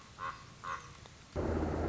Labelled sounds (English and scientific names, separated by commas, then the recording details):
Common Raven (Corvus corax)
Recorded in Sonoma County, California